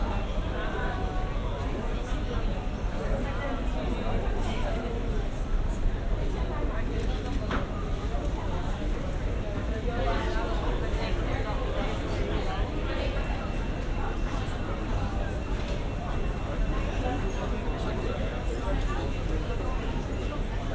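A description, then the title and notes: A busy West End street on a Saturday night, thick with overlapping voices and chatter that never lets up. A low rumble of traffic runs underneath, and sharp clacks and knocks pop out every few seconds, including a clear one around seven seconds. The sounds of a Saturday night in London's busy West End.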